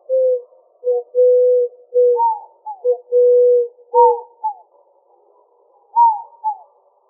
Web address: Sound Library Doves AZFO ECDO deviche 031407